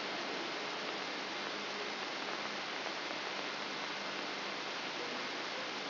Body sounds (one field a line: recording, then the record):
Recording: brain microelectrode recording played as sound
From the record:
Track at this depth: outside the subthalamic nucleus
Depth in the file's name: 5.501 mm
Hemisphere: left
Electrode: 3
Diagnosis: Parkinson's disease